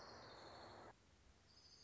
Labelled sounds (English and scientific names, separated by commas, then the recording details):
Orange-crowned Warbler (Leiothlypis celata)
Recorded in Sonoma County, California